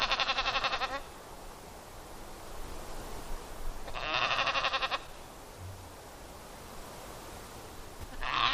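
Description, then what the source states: Dall sheep giving harsh, pulsed bleats, three calls spaced roughly every four seconds, the first two each about a second long and the last cut off at the end, with a quiet hiss between them. Recorded in Denali, Alaska, on 6 July 2011 at 06:48.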